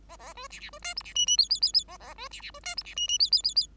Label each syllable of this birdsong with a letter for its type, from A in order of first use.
A A B C C B D E C F F G G G G A A B C C B D E C F F G G G G